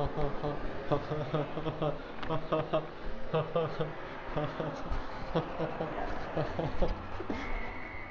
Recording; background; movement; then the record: deep breathing; traffic; walking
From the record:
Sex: male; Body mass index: 23.7 kg/m2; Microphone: on the chest, facing outward